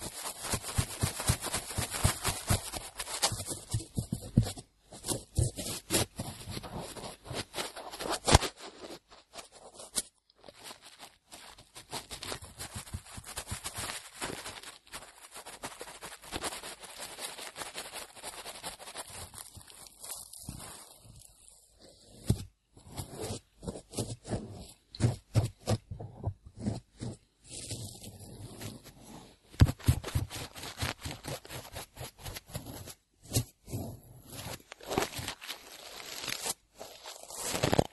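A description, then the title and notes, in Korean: Ear cleaning sounds: dense, crackly scratching and rubbing with many sharp clicks, continuing through the whole clip. The scraping comes in uneven bursts with short quiet gaps around the middle and near 22 and 30 seconds, and grows louder toward the end. 귀청소.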